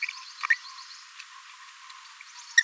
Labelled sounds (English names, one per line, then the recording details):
Green-rumped Parrotlet babbling
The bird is a male
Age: 22 days
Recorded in a nest box in Venezuela
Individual 17B42A3